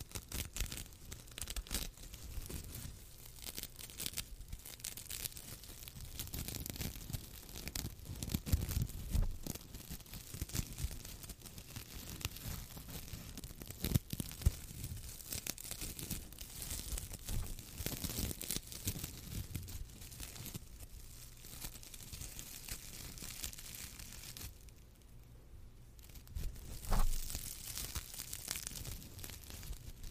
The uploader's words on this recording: Lots of scratching and rough textures.